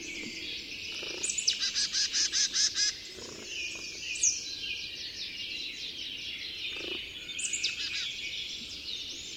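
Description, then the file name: Marsh tit call: a rapid string of about nine buzzy, scolding notes, then quieter chatter and a second short buzzy run later, over a busy bird chorus. "Poecile palustris"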